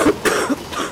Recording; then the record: coughing mixed with background sound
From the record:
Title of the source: 31 night wet cough